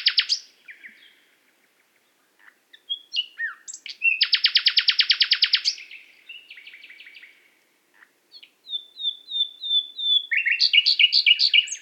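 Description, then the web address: Common nightingale song: varied phrases with a dense buzzy rattle, brief pause, then high whistled notes and rapid repeated chips. "SETE data Luscinia megarhynchos"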